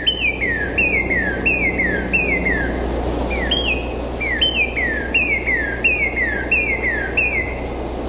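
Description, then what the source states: Northern Cardinal song: clear slurred whistles dropping in pitch, repeated in quick runs, with a short pause midway. Played as the first of three excerpts in a radio quiz.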